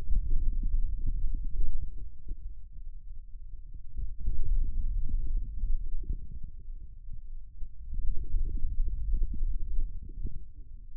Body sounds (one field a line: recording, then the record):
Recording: forearm muscle sounds (acoustic myography)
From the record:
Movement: finger pinch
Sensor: system 2, bracelet of six BSWA MPA416 microphones around the upper forearm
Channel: 6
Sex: male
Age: 22 years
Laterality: right